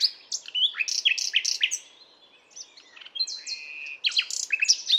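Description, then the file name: Common nightingale song: rich, varied phrases of loud sharp whistled notes and buzzy slurs, a pause with soft quiet notes, then more rapid, strident phrases. "Luscinia megarhynchos"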